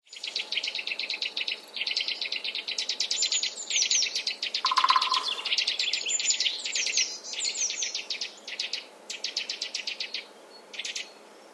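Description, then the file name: Eurasian nuthatch giving fast runs of sharp repeated high notes in bursts of one to two seconds, with a brief lower buzzy trill partway through. "Sitta europaea"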